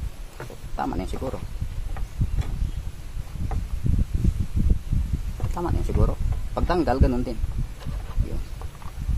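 A pressure washer attachment is being handled at its trigger gun coupling while someone talks, with a few brief handling knocks. The clip ends before the part goes home, so nothing has seated or clicked yet.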